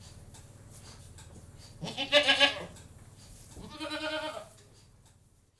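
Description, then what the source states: Domestic goat giving two wavering, harmonic bleats about two seconds apart over a steady low pulsing machine hum. General atmosphere inside a goat-house, with a milking machine running in the background.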